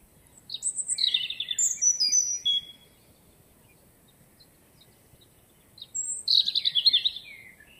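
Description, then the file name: European robin song: two bursts of thin, high, tumbling warbled notes, the first about two seconds long, the second after a few seconds of near silence. "Erithacus rubecula"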